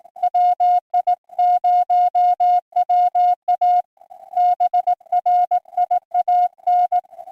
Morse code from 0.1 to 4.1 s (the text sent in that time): WI0WA